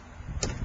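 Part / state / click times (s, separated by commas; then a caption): top pivot of a glass door into its frame socket / seated / 0.4 s. The top pivot of a glass door is pushed down into its socket in the door frame, with a low rumble of handling underneath. A sharp, bright snap at 0.4 s marks the pivot seating into place.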